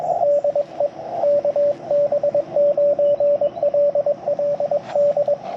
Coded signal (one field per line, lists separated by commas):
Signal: Morse code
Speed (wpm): 21 wpm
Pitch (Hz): 590 Hz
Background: radio noise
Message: DE KB9LLD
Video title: Yaesu FT-891 Backpack Portable POTA CW Activation - 6/28/23 @ K-3714